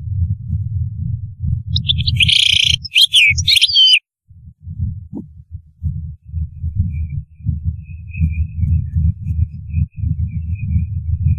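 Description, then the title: European goldfinch: one tinkling twittered song phrase heard through low rumbling noise, followed later by faint thin high notes. "Chant Chardonneret"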